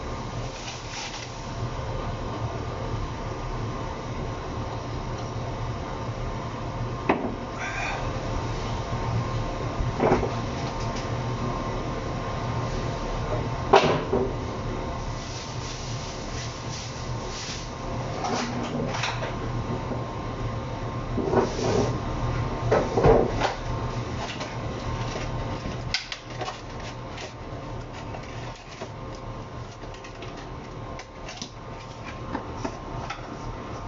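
Kitchen noises over a steady low rumble and hum that runs the whole time. Sharp knocks and clatters break through now and then, around 7, 10, 14, 22 and 26 seconds, with a few softer rattles and shuffles between them.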